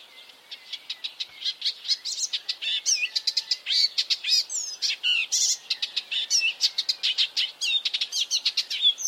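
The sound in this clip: Bird calls, a dense run of rapid high chirps and short twittering notes throughout.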